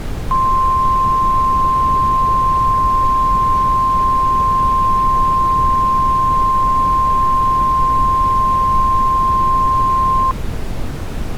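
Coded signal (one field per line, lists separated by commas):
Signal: Emergency Alert System (SAME) tones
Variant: 1050 Hz attention tone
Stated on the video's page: Fictional EAS scenario.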